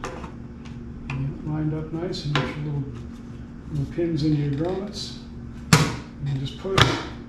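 Someone talks while lining up the pins of a plastic trim cover with the rubber grommets on the trunk mount of an Indian Pursuit tour pack and pressing the cover on, with short handling knocks around 0.0, 1.1 and 5.7 seconds. Nothing has seated or clicked yet; the cover is not yet snapped into place.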